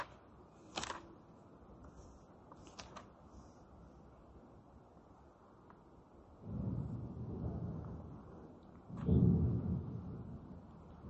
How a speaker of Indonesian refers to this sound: Gledek.